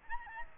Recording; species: mosquito wingbeat signal from an infrared sensor; Aedes albopictus